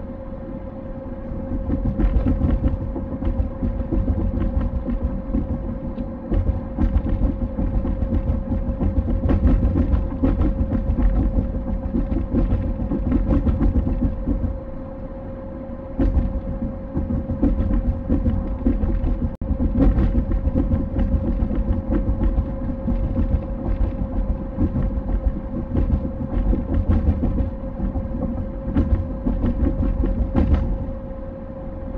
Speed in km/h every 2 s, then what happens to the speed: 68, 68, 68, 68, 68, 68, 68, 68, 68, 68, 68, 68, 68, 68, 68, 68.
0-32 steady at about 68.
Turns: none.